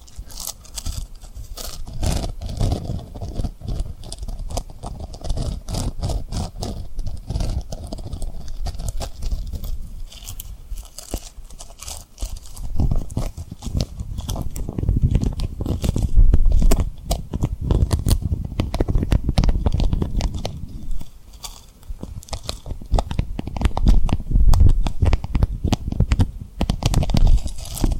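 Tapping and rubbing on rhinestones, a dense run of small clicks and scratchy brushing that continues without pause. Low thumping rubs swell and ease in waves, heaviest around the middle and toward the end, with a quieter patch near ten seconds.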